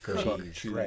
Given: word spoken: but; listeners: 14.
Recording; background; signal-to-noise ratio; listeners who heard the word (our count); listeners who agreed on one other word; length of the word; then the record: one English word in noise, from a listening test; four-talker babble; -0.6 dB; 0 of 14; 6 of 14; 0.47 s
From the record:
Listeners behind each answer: 6, 2, 1, 1, 1, 1, 1, 1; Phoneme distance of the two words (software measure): 30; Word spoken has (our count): 1 syllable, 3 phonemes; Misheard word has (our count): 1 syllable, 3 phonemes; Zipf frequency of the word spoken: 6.76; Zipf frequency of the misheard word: 4.81